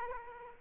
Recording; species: mosquito wingbeat signal from an infrared sensor; Aedes aegypti